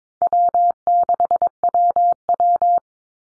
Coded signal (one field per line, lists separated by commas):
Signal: Morse code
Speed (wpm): 22 wpm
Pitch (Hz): 700 Hz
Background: none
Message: W6WW